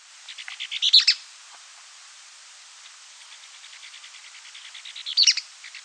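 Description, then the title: Bird song with a bright high flourish near the start and again near the end, linked by a soft stretch of quick repeated chips. "LuckyPassaro Completos2Sama"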